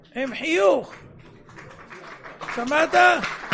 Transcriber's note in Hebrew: מחיאות כפים